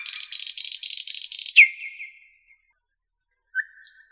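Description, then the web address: Nightingale song opening with a fast harsh trill that slides into a drawn-out whistle, followed by short high notes. "spiew ptakow piesn slowika"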